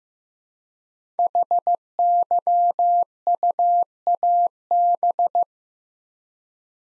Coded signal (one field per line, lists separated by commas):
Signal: Morse code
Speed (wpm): 15 wpm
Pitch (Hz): 700 Hz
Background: none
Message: HYUAB